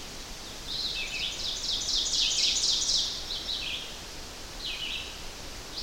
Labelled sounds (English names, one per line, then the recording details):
Ovenbird song
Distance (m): 30 m
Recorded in boreal forest in Alberta, Canada, on 12 June 2016 at 05:57
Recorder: SongMeter 3, array SBT-3-18
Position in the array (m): 231 m, 89 m
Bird 31